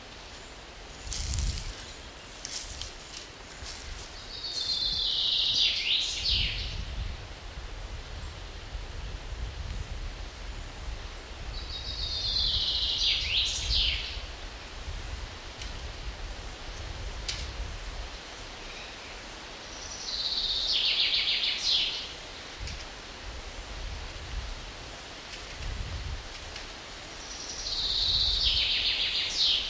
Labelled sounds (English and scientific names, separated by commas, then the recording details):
Common Chaffinch (Fringilla coelebs) song
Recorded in the wild
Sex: male
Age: adult
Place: Mühlenbecker See, Brandenburg, DE
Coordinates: 52.7, 13.4
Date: 1988-07-10 12:00
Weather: overcast, 17-20°C, winds
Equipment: Sony WM-D6C, Kopie Tesla B 116
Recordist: Tembrock, Günter